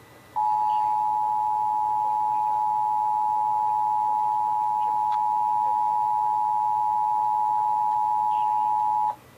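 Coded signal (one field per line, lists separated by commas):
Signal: Emergency Alert System (SAME) tones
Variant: 853 and 960 Hz attention tone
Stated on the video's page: Night-time required monthly test heard from an FM station on an Eton FR-370 radio, then on a TV moments later.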